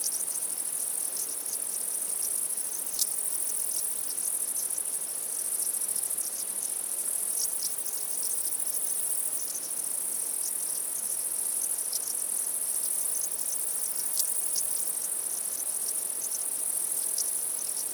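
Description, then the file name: Cricket chorus forming an unbroken shrill trill, with occasional sharp ticks standing out above the steady background. Crickets at night. "Night Sounds, Cricket Sounds, Sounds of Nature Zone"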